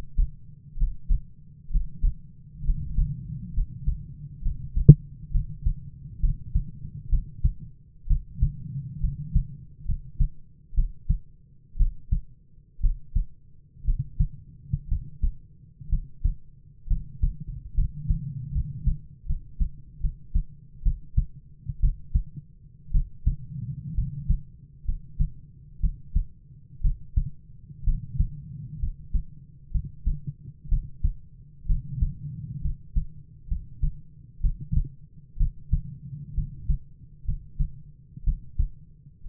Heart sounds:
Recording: heart sounds by stethoscope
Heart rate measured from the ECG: 64 bpm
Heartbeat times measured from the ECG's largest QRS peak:
0.75 s: heartbeat
1.69 s: heartbeat
2.63 s: heartbeat
3.52 s: heartbeat
4.41 s: heartbeat
5.30 s: heartbeat
6.19 s: heartbeat
7.08 s: heartbeat
8.06 s: heartbeat
9.00 s: heartbeat
9.85 s: heartbeat
10.74 s: heartbeat
11.76 s: heartbeat
12.80 s: heartbeat
13.84 s: heartbeat
14.87 s: heartbeat
15.88 s: heartbeat
16.87 s: heartbeat
17.74 s: heartbeat
18.51 s: heartbeat
19.25 s: heartbeat
20.00 s: heartbeat
20.82 s: heartbeat
21.80 s: heartbeat
22.91 s: heartbeat
23.94 s: heartbeat
24.84 s: heartbeat
25.80 s: heartbeat
26.81 s: heartbeat
27.83 s: heartbeat
28.79 s: heartbeat
29.71 s: heartbeat
30.68 s: heartbeat
31.66 s: heartbeat
32.61 s: heartbeat
33.47 s: heartbeat
34.40 s: heartbeat
35.37 s: heartbeat
36.34 s: heartbeat
37.24 s: heartbeat
38.23 s: heartbeat
39.25 s: heartbeat
From the record:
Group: healthy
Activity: Valsalva maneuver 0-4 s, rest 4-39 s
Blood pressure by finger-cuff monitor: 105/58 mmHg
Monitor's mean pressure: 68 mmHg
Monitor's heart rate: 64 bpm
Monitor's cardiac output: 6.9 L/min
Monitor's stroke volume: 109 mL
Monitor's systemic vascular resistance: 700 dyn s/cm5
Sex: male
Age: 22 years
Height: 185 cm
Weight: 112.4 kg

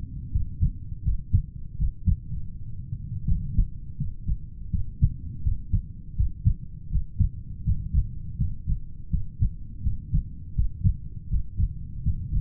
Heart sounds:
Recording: heart sounds by stethoscope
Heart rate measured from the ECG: 82 bpm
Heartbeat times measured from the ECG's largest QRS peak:
0.30 s: heartbeat
1.02 s: heartbeat
1.76 s: heartbeat
2.39 s: heartbeat
3.24 s: heartbeat
3.95 s: heartbeat
4.69 s: heartbeat
5.42 s: heartbeat
6.15 s: heartbeat
6.89 s: heartbeat
7.63 s: heartbeat
8.36 s: heartbeat
9.09 s: heartbeat
9.81 s: heartbeat
10.54 s: heartbeat
11.28 s: heartbeat
12.01 s: heartbeat
From the record:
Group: heart failure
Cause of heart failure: idiopathic cardiomyopathy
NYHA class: 2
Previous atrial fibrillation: present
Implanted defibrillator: present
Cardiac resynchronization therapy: present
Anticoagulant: warfarin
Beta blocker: metoprolol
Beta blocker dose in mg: 50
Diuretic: furosemide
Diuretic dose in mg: 40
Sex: male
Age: 62 years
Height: 184 cm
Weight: 101 kg

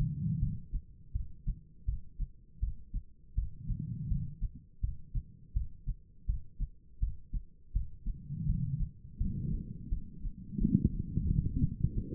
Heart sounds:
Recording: heart sounds by stethoscope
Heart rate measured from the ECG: 83 bpm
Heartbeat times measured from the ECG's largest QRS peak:
0.39 s: heartbeat
1.13 s: heartbeat
1.85 s: heartbeat
2.60 s: heartbeat
3.35 s: heartbeat
4.08 s: heartbeat
4.81 s: heartbeat
5.53 s: heartbeat
6.26 s: heartbeat
7.00 s: heartbeat
7.73 s: heartbeat
8.46 s: heartbeat
9.18 s: heartbeat
9.89 s: heartbeat
10.58 s: heartbeat
11.27 s: heartbeat
11.94 s: heartbeat
From the record:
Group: healthy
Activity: cold pressor test 0-10 s, rest 10-12 s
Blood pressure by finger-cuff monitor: 153/105 mmHg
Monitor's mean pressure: 123 mmHg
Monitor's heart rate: 82 bpm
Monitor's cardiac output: 4.6 L/min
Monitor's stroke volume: 56 mL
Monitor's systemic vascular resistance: 1980 dyn s/cm5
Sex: female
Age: 51 years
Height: 162 cm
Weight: 70.04 kg

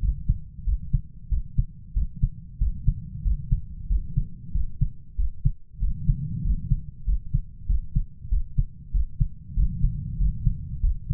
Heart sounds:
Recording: heart sounds by stethoscope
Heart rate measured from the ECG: 94 bpm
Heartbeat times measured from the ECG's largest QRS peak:
0.03 s: heartbeat
0.67 s: heartbeat
1.31 s: heartbeat
1.96 s: heartbeat
2.61 s: heartbeat
3.25 s: heartbeat
3.90 s: heartbeat
4.55 s: heartbeat
5.19 s: heartbeat
5.82 s: heartbeat
6.45 s: heartbeat
7.07 s: heartbeat
7.69 s: heartbeat
8.32 s: heartbeat
8.94 s: heartbeat
9.57 s: heartbeat
10.20 s: heartbeat
10.83 s: heartbeat
From the record:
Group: healthy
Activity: rest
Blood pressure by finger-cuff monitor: 132/74 mmHg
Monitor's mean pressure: 92 mmHg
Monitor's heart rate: 94 bpm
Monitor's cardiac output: 7.7 L/min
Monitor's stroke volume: 82 mL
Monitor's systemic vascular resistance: 860 dyn s/cm5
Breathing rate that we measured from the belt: 18 breaths a minute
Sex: male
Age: 21 years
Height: 175 cm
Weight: 72.6 kg

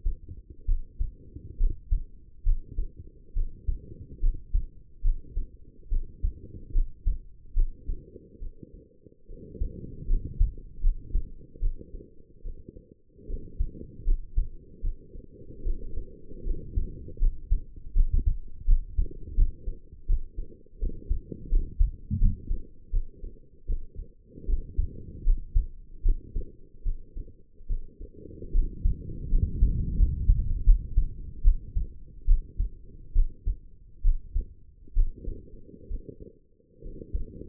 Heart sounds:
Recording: heart sounds by stethoscope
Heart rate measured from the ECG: 75 bpm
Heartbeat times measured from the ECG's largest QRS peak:
0.66 s: heartbeat
1.57 s: heartbeat
2.43 s: heartbeat
3.33 s: heartbeat
4.20 s: heartbeat
5.02 s: heartbeat
5.89 s: heartbeat
6.72 s: heartbeat
7.54 s: heartbeat
8.39 s: heartbeat
9.26 s: heartbeat
10.07 s: heartbeat
10.81 s: heartbeat
11.60 s: heartbeat
12.42 s: heartbeat
13.26 s: heartbeat
14.04 s: heartbeat
14.81 s: heartbeat
15.62 s: heartbeat
16.43 s: heartbeat
17.18 s: heartbeat
17.93 s: heartbeat
18.65 s: heartbeat
19.35 s: heartbeat
20.06 s: heartbeat
20.79 s: heartbeat
21.49 s: heartbeat
22.18 s: heartbeat
22.91 s: heartbeat
23.66 s: heartbeat
24.46 s: heartbeat
25.24 s: heartbeat
26.02 s: heartbeat
26.83 s: heartbeat
27.67 s: heartbeat
28.52 s: heartbeat
29.29 s: heartbeat
29.96 s: heartbeat
30.64 s: heartbeat
31.42 s: heartbeat
32.25 s: heartbeat
33.13 s: heartbeat
34.02 s: heartbeat
34.94 s: heartbeat
35.88 s: heartbeat
36.81 s: heartbeat
From the record:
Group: healthy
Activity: rest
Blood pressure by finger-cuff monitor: 110/72 mmHg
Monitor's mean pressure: 85 mmHg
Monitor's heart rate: 76 bpm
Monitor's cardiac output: 5.9 L/min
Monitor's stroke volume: 77 mL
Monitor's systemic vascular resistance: 1070 dyn s/cm5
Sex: female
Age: 22 years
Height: 160 cm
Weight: 45 kg

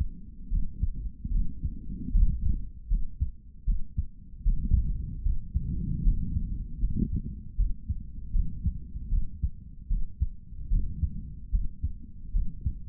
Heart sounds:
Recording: heart sounds by stethoscope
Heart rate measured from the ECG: 76 bpm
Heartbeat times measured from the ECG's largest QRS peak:
0.50 s: heartbeat
1.31 s: heartbeat
2.12 s: heartbeat
2.89 s: heartbeat
3.66 s: heartbeat
4.44 s: heartbeat
5.24 s: heartbeat
6.03 s: heartbeat
6.80 s: heartbeat
7.56 s: heartbeat
8.32 s: heartbeat
9.10 s: heartbeat
9.89 s: heartbeat
10.69 s: heartbeat
11.51 s: heartbeat
12.32 s: heartbeat
From the record:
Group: healthy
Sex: male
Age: 55 years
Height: 167 cm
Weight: 57.2 kg

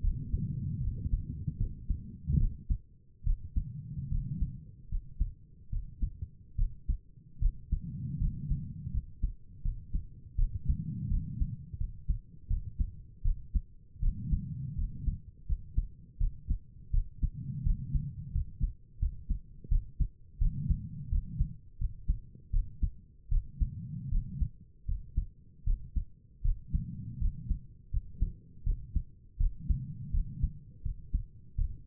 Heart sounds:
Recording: heart sounds by stethoscope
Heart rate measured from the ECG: 80 bpm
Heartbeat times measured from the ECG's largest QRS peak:
0.02 s: heartbeat
0.82 s: heartbeat
1.58 s: heartbeat
2.38 s: heartbeat
3.25 s: heartbeat
4.10 s: heartbeat
4.90 s: heartbeat
5.71 s: heartbeat
6.57 s: heartbeat
7.40 s: heartbeat
8.19 s: heartbeat
8.92 s: heartbeat
9.63 s: heartbeat
10.37 s: heartbeat
11.09 s: heartbeat
11.78 s: heartbeat
12.48 s: heartbeat
13.23 s: heartbeat
14.01 s: heartbeat
14.77 s: heartbeat
15.47 s: heartbeat
16.19 s: heartbeat
16.92 s: heartbeat
17.64 s: heartbeat
18.33 s: heartbeat
19.00 s: heartbeat
19.70 s: heartbeat
20.39 s: heartbeat
21.10 s: heartbeat
21.79 s: heartbeat
22.52 s: heartbeat
23.30 s: heartbeat
24.10 s: heartbeat
24.87 s: heartbeat
25.65 s: heartbeat
26.43 s: heartbeat
27.20 s: heartbeat
27.91 s: heartbeat
28.65 s: heartbeat
29.38 s: heartbeat
30.12 s: heartbeat
30.83 s: heartbeat
31.56 s: heartbeat
From the record:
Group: healthy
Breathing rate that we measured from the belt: 19 breaths a minute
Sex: female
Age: 22 years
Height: 163 cm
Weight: 67.1 kg

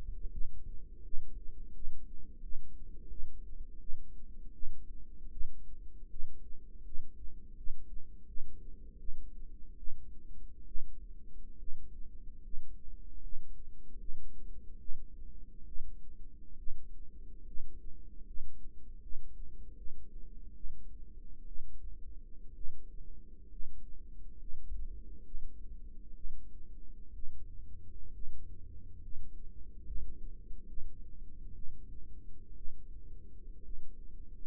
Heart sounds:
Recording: heart sounds by microphone in the right ear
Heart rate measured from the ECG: 72 bpm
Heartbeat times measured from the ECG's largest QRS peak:
0.30 s: heartbeat
1.02 s: heartbeat
1.73 s: heartbeat
2.40 s: heartbeat
3.08 s: heartbeat
3.78 s: heartbeat
4.52 s: heartbeat
5.30 s: heartbeat
6.08 s: heartbeat
6.83 s: heartbeat
7.55 s: heartbeat
8.26 s: heartbeat
8.98 s: heartbeat
9.76 s: heartbeat
10.65 s: heartbeat
11.57 s: heartbeat
12.42 s: heartbeat
13.21 s: heartbeat
13.98 s: heartbeat
14.78 s: heartbeat
15.65 s: heartbeat
16.56 s: heartbeat
17.45 s: heartbeat
18.24 s: heartbeat
19.00 s: heartbeat
19.75 s: heartbeat
20.54 s: heartbeat
21.45 s: heartbeat
22.53 s: heartbeat
23.49 s: heartbeat
24.37 s: heartbeat
25.23 s: heartbeat
26.13 s: heartbeat
27.12 s: heartbeat
28.11 s: heartbeat
29.00 s: heartbeat
29.84 s: heartbeat
30.66 s: heartbeat
31.53 s: heartbeat
32.54 s: heartbeat
33.62 s: heartbeat
From the record:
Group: healthy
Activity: light exercise 0-11 s, rest 11-34 s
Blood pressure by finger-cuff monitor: 169/69 mmHg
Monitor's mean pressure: 92 mmHg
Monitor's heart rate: 70 bpm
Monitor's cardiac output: 7.7 L/min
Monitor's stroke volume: 106 mL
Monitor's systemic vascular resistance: 890 dyn s/cm5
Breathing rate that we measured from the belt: 11 breaths a minute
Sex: male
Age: 25 years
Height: 170 cm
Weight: 70.4 kg

